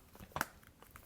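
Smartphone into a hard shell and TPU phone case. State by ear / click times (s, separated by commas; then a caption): seated / 0.4 s. A white Google Pixel 3 XL is pressed into a Tudia Merge two-part case, a hard plastic shell back with a soft TPU liner inside. A brief rustle leads into a sharp snap at 0.4 s as the phone seats in the case, followed by a few faint ticks as it settles.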